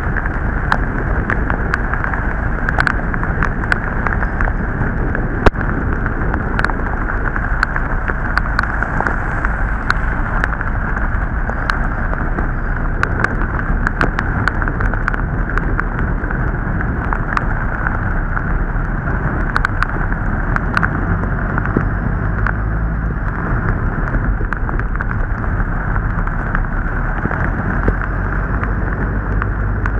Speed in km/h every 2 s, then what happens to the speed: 13, 13, 12, 9, 9, 7, 7, 10, 11, 11, 14, 13, 11, 16, 18.
0-12 steady at about 9. 12-20 speeds up to 14. 24-27 speeds up to 18.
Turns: none.